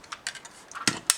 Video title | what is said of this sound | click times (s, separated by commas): 金光闪闪终于出货了！变形金刚C版TR擎天柱金属色 | This locks in the root | 1.1 s